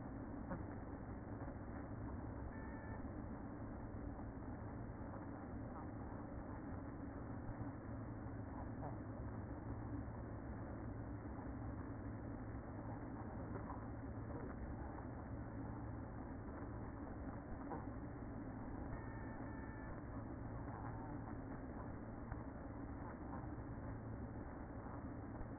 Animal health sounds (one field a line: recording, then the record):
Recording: honeybee colony, microphone inside the hive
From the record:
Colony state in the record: queen present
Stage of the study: after two queens were removed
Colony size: about 60,000 bees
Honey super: yes